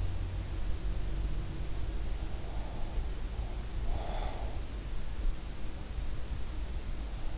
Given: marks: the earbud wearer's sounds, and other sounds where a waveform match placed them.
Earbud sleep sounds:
sounds in sleep by an in-ear microphone; breath
2.45-4.72 s: breath

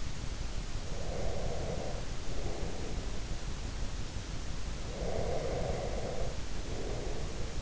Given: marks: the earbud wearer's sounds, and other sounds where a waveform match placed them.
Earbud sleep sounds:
sounds in sleep by an in-ear microphone; breath
0.89-3.28 s: breath
4.78-7.62 s: breath

